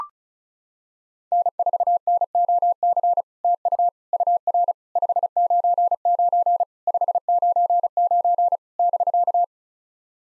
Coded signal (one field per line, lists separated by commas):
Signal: Morse code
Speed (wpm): 36 wpm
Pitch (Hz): 700 Hz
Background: none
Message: N4NOC TU UR 599 599 <BK>